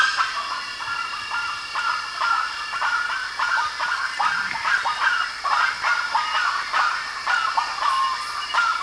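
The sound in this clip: Bird calls in a busy chorus, dense overlapping harsh notes throughout.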